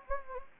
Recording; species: mosquito wingbeat signal from an infrared sensor; Anopheles gambiae